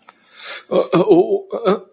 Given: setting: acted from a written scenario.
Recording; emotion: vocal sound without words; embarrassment